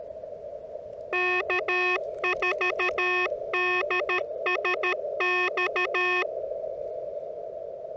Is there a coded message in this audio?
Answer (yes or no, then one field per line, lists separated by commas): yes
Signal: Morse code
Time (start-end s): 1.1-6.2 s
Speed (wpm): 13 wpm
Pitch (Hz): 2550 Hz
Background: music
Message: K4DSX